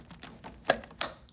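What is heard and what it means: The two-pronged air hose connector of a Salute RDX alternating pressure mattress system is pushed into the pump unit, bottom prong first and then the top. After faint handling rustles, a sharp click sounds at 0.7 s and a second at 1.0 s. Both prongs are clicked in and the connector is secured in place.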